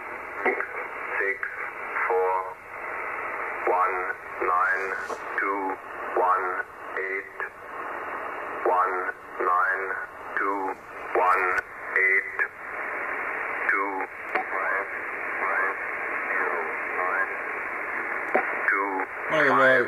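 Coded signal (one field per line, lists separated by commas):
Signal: numbers station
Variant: E06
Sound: a monotone voice reading short evenly spaced words through noisy shortwave static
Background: radio static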